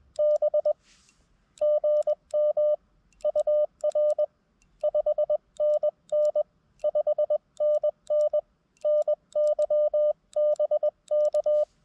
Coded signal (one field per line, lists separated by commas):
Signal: Morse code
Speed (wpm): 20 wpm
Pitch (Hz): 590 Hz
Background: none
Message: B GM UR 5NN 5NN NY BK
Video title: Battle of the budget busters! Which radio would I prefer to listen to (KX2 vs TX-500)?